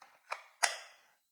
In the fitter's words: Yeah, it does have a nice positive click.